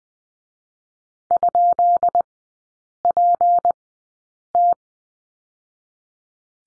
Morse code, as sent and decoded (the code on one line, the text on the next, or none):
..--.. .--. -
?PT